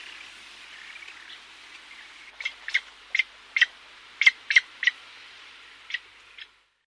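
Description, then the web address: Eurasian spoonbill giving short, harsh, raspy call notes in an irregular series of about nine. "Uzbek hayvonlar. Platalea leucorodia"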